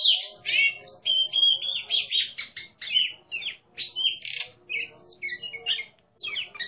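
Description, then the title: Oriental magpie-robin singing a fast, varied medley of sweet whistles and scratchy notes in short bursts with brief pauses between them. Competition songbird described as a national champion, singing in ngeplong style, in full voice (gacor). "burung berkicau Kacer Ngeplong gacor Juara Nasional. burung Kacer"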